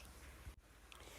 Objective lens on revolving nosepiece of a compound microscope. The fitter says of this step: and how you know it's locked into place is there'll be a gentle click.